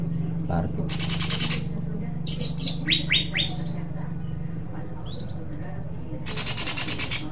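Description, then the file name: Greater green leafbird song with buzzy rattling bursts and a series of quick descending whistles, then more rattles; a steady low hum runs beneath. Cucak hijau song with tembakan phrases and parakeet-style besetan phrases, from an Indonesian bird-training recording (omkicau). "cucak hijau dengan tembakan dan besetan parkit"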